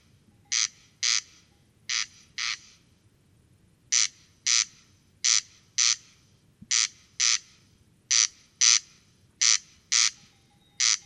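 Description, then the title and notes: Corn crake rasping crex-crex song, dry double notes repeated in a steady rhythm, with a short pause early on, over a quiet background. Singing corn crake near a peat bog, Col Bayard, Hautes-Alpes, France, 12 July 2018, evening; sang continuously from 11 pm until dawn; recorded with Nagra Seven and Telinga Pro7. "Col Bayard - Hautes Alpes. Râle des genêts"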